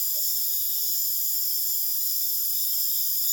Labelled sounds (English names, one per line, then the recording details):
none
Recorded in dense forest near Puerto Asís, Putumayo, Colombia, on 22 June 2025 at 20:00
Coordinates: 0.484, -76.325
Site H65